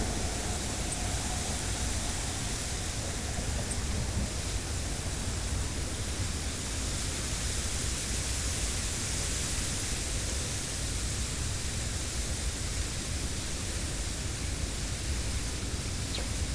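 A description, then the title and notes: Wind blows steadily through grass, a constant, dense hiss that fills everything from a low rumble up to a bright airy top. The level barely changes over the whole stretch, with only a faint thin tone early on and a couple of tiny high ticks. Wind. Grass.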